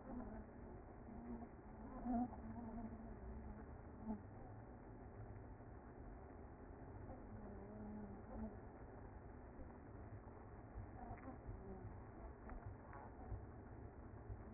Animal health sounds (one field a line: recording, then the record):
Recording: honeybee colony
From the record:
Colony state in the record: active